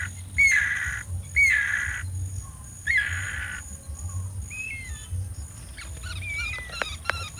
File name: ANU BRANCO